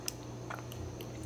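The focusing screen of a Canon AE-1 Program SLR camera is released from the metal frame inside the camera by pushing its two wings back. A sharp click at 0.1 s marks the screen coming out of the frame, followed by fainter small ticks and handling noises. The screen is released.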